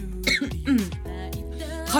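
Several short, harsh bursts of coughing and throat clearing from an adult woman occur in quick succession over quiet background music. It is a brief coughing fit, not from a cold, set off by inhaling something odd, after which the coughing will not stop.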